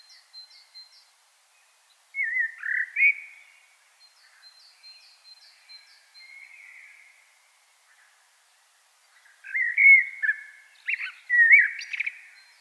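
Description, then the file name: Common blackbird song: fluted warbling phrases with squeaky endings; thin high notes from another bird sound faintly at the start and between phrases. "Turdus merula"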